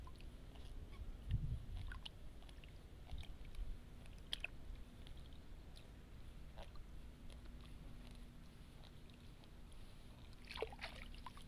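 Rice seedlings are pulled from a flooded nursery bed, with soft splashes and scattered rustling clicks over a low steady hum.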